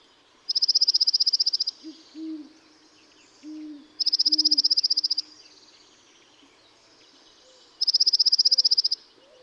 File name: Dark-eyed Junco